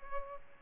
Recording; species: mosquito wingbeat signal from an infrared sensor; Aedes albopictus